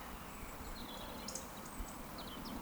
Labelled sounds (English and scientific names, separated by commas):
Eurasian Woodcock (Scolopax rusticola) whistle